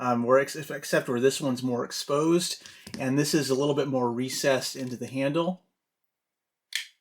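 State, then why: Seated. Someone talks for about five and a half seconds while comparing mechanisms, then a Ryobi folding pocket knife's blade is swung open. After a short silence, the blade snaps into the handle's compression lock with a sharp click at 6.8 s, locking fully open.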